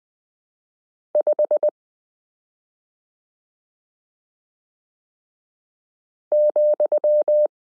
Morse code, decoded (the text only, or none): 5 ,